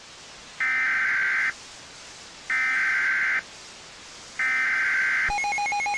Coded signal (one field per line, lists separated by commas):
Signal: Emergency Alert System (SAME) tones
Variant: header bursts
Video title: EAS Scenario 3 - Energy In Motion